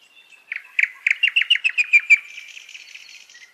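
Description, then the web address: Nightingale singing a rapid series of loud sharp notes, then a soft high trill fading out. "Голоса птиц Соловей"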